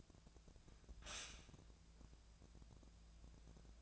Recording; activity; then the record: daily activity, microphone in the room; stop toaster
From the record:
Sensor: 2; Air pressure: 1000.0 hPa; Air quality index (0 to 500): 144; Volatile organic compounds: 2 ppm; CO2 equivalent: 1223 ppm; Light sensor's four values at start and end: 27/66/28/31 and 27/66/28/31